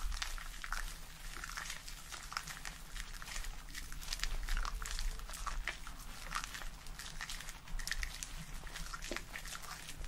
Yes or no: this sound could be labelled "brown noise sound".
no